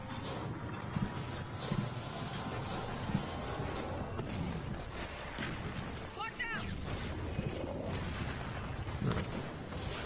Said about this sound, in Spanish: Explosión y empieza ya la acción. Los edificios están explotando al paso del personaje.